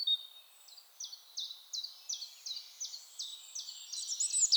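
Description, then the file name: European robin: a steady string of sharp, high, evenly spaced notes, ending in a brighter rapid twitter; faint hiss beneath. "Erithacus rubecula"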